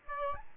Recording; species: mosquito wingbeat signal from an infrared sensor; Aedes albopictus